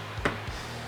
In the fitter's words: just going to work this all the way down in there and then it'll snap into the clip you'll hear it so